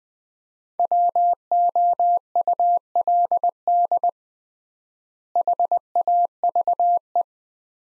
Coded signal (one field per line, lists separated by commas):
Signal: Morse code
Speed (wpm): 20 wpm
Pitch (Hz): 700 Hz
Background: none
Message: WOULD HAVE